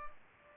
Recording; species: mosquito wingbeat signal from an infrared sensor; Culex pipiens